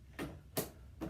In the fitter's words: snaps real easy